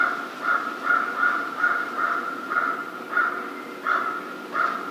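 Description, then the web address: American crow giving a series of harsh caws. 1 February 2010. "Crow 2010 02 01 American Crow"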